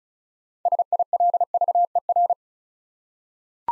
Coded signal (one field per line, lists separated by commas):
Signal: Morse code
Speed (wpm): 36 wpm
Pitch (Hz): 700 Hz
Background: none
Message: SILVER